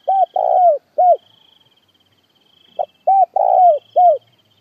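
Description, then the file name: Spotted dove calling twice, phrases of low coos with a drawn-out rolling middle note, over a faint high thin buzz. Dove calling the flock. "Tieng cu gay goi bay"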